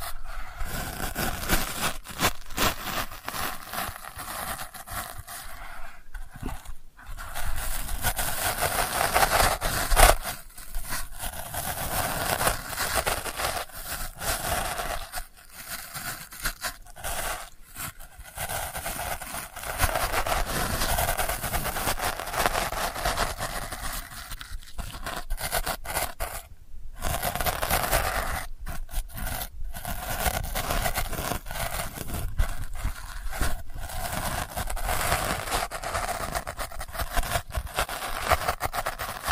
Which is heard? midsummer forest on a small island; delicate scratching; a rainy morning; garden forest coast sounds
delicate scratching